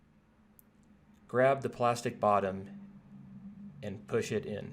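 A cut-down relay circuit board is pressed into its plastic outlet enclosure half, and one sharp, short click at 0.6 s marks it seating in place. Someone then talks over a quiet background.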